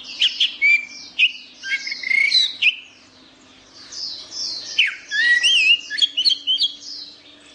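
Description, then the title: Orange-headed thrush song in two phrases of sweet, slurred whistles interwoven with thin high squeaks, separated by a short pause. A steady low hum runs underneath. "Anis Merah"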